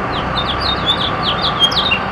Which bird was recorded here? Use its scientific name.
Haemorhous mexicanus